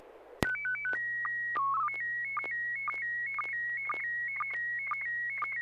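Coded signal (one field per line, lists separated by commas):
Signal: SSTV (slow-scan television)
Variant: PD 120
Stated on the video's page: Weekly SSTV net on a 441.30 MHz FM repeater, images sent with MMSSTV software.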